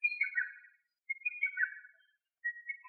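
Lesser cuckoo calling: clear whistled phrases of quick notes stepping downward, given twice in full and begun a third time, separated by short silences.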